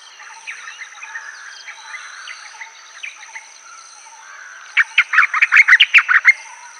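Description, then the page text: White-browed bulbul song: soft scattered chirps, then an abrupt explosive jumble of rapid, bubbling notes lasting about a second and a half, over a constant thin high whine. "White-Browed Bulbul Song. Quick Sounds"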